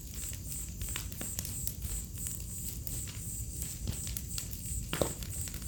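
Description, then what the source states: Crickets keep up an unbroken high-pitched trilling chorus while a fire crackles and snaps irregularly, over a soft low rumble. Chorus of crickets on an autumn night beside a crackling bonfire, in a village within the Mata Atlântica rainforest.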